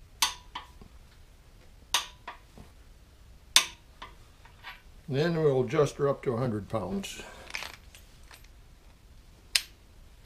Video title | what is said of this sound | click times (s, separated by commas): Farmall Super M Rebuild Ep.22: Installing The Crankshaft | for the click that's your indicator then | 0.2 s, 1.9 s, 3.6 s